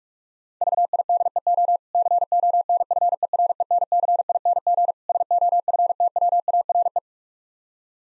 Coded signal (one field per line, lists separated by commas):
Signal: Morse code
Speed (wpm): 45 wpm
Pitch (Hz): 700 Hz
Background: none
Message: VIDEO CONFERENCING SOFTWARE